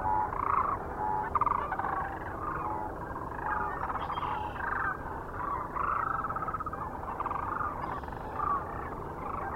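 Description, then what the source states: Sandhill Cranes giving rolling, gargling bugle calls, some louder individual notes standing out from the background flock. Recorded near Kearney, Nebraska, on 9 March 2004.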